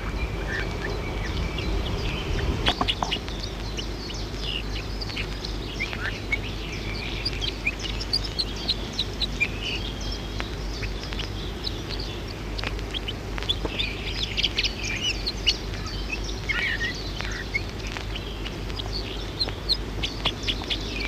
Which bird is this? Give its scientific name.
Sylvia atricapilla